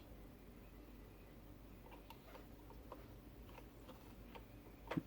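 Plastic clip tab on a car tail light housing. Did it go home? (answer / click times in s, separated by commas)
no / none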